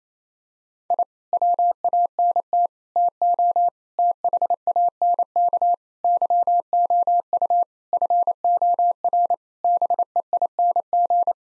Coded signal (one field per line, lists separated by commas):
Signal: Morse code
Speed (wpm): 28 wpm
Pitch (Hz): 700 Hz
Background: none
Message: I WANT TO THANK YOU FOR BEING